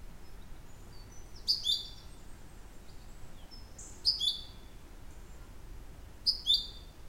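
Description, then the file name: Common chaffinch calls, a short high bright note with a trailing tail, given three times about every two and a half seconds over soft background hiss. "Fringilla coelebs"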